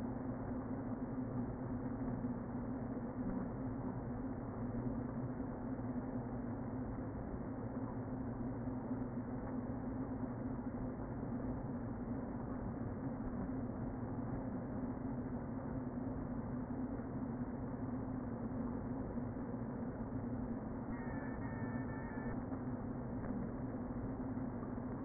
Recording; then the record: honeybee colony, microphone inside the hive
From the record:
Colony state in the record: queen present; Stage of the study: before two queens were removed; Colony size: about 60,000 bees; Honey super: yes